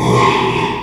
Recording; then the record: squeal of a Yucatan mini pig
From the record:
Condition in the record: after surgery on the right vocal fold (resection and tissue-engineered implant); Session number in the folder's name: 1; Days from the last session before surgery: 6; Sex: male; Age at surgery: 12 weeks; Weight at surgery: 13 kg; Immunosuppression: cyclosporine, prednisolone